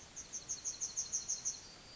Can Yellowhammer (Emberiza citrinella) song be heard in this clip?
yes